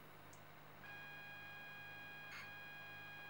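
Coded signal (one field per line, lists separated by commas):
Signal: ZX Spectrum tape loading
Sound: a steady buzzy pilot tone of about 800 Hz starts, interrupted by a brief noisy rustle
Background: small room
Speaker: go like that and press play here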